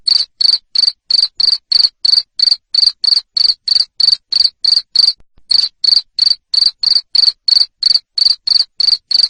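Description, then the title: Continuous high cricket chirps in rapid regular bursts, about three a second, pausing once briefly before resuming. Loud cricket chirping used to make lovebirds keep singing (ngekek). "Suara JANGKRIK NGERIK Keras Bikin LOVEBIRD Jadi NGEKEK Terus Vubey"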